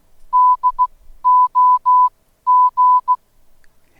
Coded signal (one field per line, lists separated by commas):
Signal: Morse code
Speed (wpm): 16 wpm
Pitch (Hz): 1000 Hz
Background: none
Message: DOG